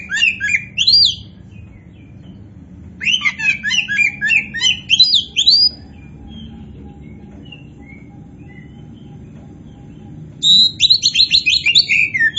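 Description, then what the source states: Oriental magpie-robin song with bright downslurred whistles and jumbled twittering phrases in three bursts, separated by silent gaps of several seconds. Kacer poci type of Oriental magpie-robin, described as gacor (singing vigorously and continuously).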